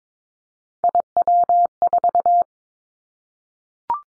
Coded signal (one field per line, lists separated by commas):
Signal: Morse code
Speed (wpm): 22 wpm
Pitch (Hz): 700 Hz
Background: none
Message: IW4